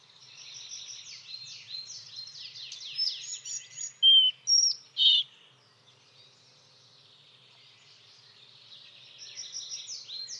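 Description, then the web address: Collared flycatcher song, a high scratchy twittering phrase with several loud sharp whistled notes in the middle, then quiet before soft twittering resumes. "fagelljud nagra halsbandsflugsnappare"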